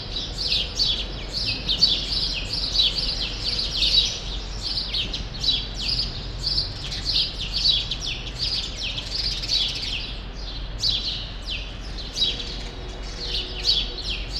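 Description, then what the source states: Sparrows chirping in a dense, continuous chorus of short bright tweets, many birds overlapping throughout, with a low steady background hum. Sparrows still present for now in the small remaining part of a large grove, Rue Saint-Jean Népomucène, Brussels, Belgium; recorded with Immersive Soundscapes Earsight V2 AB microphones into a Zoom F3.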